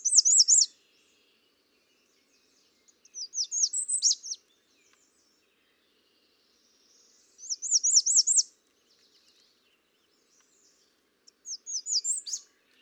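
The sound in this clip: American redstart song, four high sibilant phrases of quick downslurred notes, some ending with an accented note, separated by pauses of two to three seconds.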